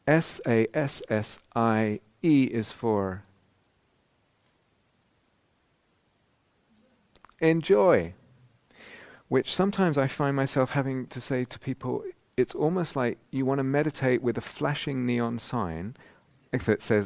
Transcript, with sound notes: S, A, S, S, I, E is for... [dramatic pause] Enjoy! Which sometimes I find myself having to say to people, it's almost like you want to meditate with a flashing neon sign that says: